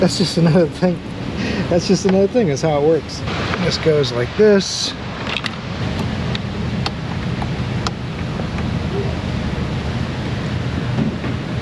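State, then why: Not seated. Someone talks while working a plastic wiring harness connector onto a sensor pigtail connector during a fuel rail pressure sensor repair. A few short, sharp handling noises follow around 5.4 to 7.9 seconds over steady background noise. The connector has not yet clicked or seated, and the clip ends before it locks home.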